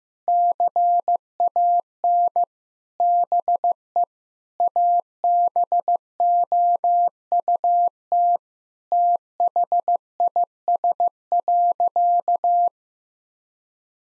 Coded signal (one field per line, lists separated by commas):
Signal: Morse code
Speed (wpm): 15 wpm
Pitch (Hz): 700 Hz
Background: none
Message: CAN BE ABOUT THIS.